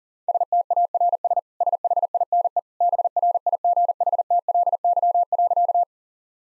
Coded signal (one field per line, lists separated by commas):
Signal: Morse code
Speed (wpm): 40 wpm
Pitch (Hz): 700 Hz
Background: none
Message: STARS SHINE BRIGHTLY.